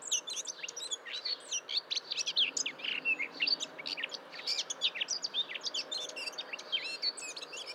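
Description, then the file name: Eurasian blackcap warbling song, quick jumbled twittering phrases with sharp clicks and short whistles, continuous throughout, over faint steady background hiss. "Sylvia atricapilla"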